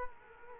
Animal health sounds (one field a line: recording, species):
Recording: mosquito wingbeat signal from an infrared sensor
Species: Culex quinquefasciatus